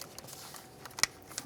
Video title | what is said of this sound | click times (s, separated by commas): How To Replace Upstream O2 Sensor 2009-2010 Pontiac Vibe 2.4L | listen for a click give it a tug to make sure it's completely secured | 1.0 s